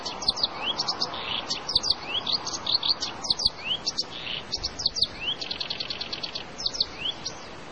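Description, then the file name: Black-browed reed warbler song, a busy jumble of high chirps, clicks and quick rising slurs in bursts with brief gaps, over low rustling background noise. "koyoshi"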